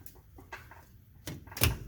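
A plastic quick-connect fitting on a Chevy/GMC EVAP line is pushed onto the vent solenoid port. After some faint rustling and small contact sounds, it seats with a sharp click at 1.6 s, confirmed as connected.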